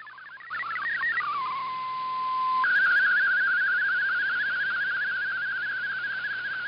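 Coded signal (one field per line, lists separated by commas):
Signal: multi-tone FSK (Olivia or MFSK type)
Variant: MFSK image mode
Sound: brief hopping tones, a steady tone, then a rapid warbling tone around mid-pitch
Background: radio hiss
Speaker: these are all lower resolution photos so that they'll transmit quicker and i've speeded up the playback time here because of time constraints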